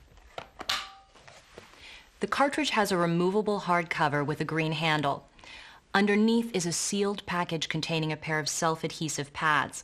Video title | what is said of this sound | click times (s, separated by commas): Philips HeartStart Home AED Training Video | Then push down until it clicks into place. | 0.7 s